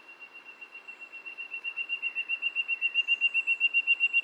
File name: Golosa ptic - Pyatnistyj cvetnoj flejtist Ptilorrhoa leucosticta (Zvyki com)